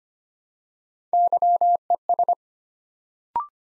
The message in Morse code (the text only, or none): YES